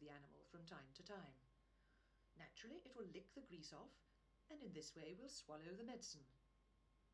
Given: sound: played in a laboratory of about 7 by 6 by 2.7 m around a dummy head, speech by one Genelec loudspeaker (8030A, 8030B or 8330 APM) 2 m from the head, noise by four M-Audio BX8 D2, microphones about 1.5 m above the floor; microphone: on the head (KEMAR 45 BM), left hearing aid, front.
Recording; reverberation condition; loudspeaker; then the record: female speech in English; low; 120 degrees to the left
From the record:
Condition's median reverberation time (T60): about 310 ms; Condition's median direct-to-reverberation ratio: about 3.5 dB